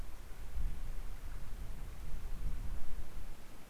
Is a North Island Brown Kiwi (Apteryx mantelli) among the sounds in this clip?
no